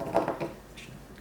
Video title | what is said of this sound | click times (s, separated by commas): Impractical 3D Printing: ER32 Tool Holder | Sort of uh snap right in there. | 0.2 s